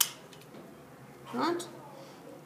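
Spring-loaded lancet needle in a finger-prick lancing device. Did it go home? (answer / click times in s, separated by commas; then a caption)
released / 0.0 s. A finger-prick lancing device is pressed firmly against a fingertip and triggered, and its spring-loaded lancet needle shoots out with a sharp click at 0.0 s. A faint tick follows at 0.3 s, then someone briefly talks around 1.4 s. The lancing device has fired.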